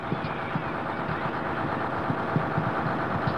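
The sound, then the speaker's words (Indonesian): A bus engine runs steadily with a low, rumbling drone and faint rhythmic knocks, holding an even loudness throughout with no speech, as a bus carrying schoolchildren sets off toward a zoo. “Setelah semua anak masuk, bus pun berangkat menuju kebun binatang.”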